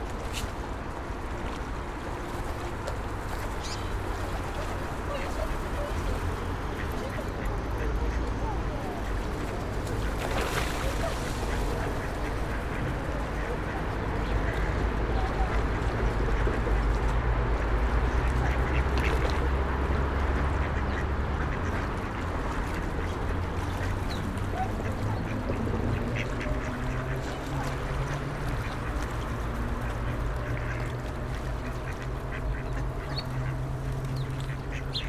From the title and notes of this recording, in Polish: Lokalizacja: Stare Miasto. Odgłosy przejeżdżających samochodów i autobusów. Rekorder, mikrofon: sony pcm d50, mic rode nt4, FEL BMA preamplifier. Kaczki i gołębie karmione przez przechodniów.